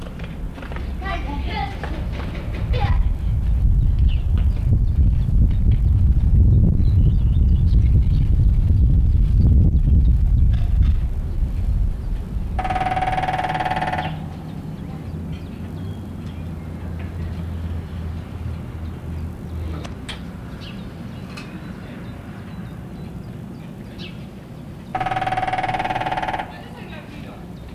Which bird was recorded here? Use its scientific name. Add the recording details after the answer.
Picus canus. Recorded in the wild. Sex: male. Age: adult. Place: Bielefeld-Gadderbaum, Teutoburger Wald, Nordrhein-Westfalen, DE. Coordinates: 52.0183, 8.51556. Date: 1964-04-27. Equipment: Uher 4000 Report-S, Bändchenmikro Beyer M 260, Parabolspiegel Polyester (470 mm). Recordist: Conrads, Klaus. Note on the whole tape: Bielefeld nähe Goethestraße, Johannistal, 100 m von der Nesthöhle entfernt. Männchen: Gesang und trommelt auf Sirene